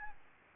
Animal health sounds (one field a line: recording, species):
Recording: mosquito wingbeat signal from an infrared sensor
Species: Aedes albopictus